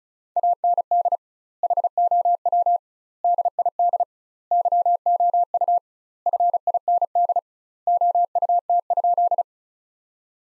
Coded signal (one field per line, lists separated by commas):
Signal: Morse code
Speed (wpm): 34 wpm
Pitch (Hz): 700 Hz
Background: none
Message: AND HOW DID YOU FIND OUT?